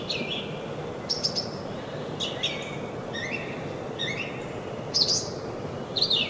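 Brown thrasher song: a run of varied, chirpy and slurred phrases, some given twice, over a steady low rumble of background noise.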